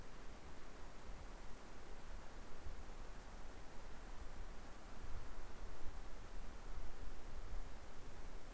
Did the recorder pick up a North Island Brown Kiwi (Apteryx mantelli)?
no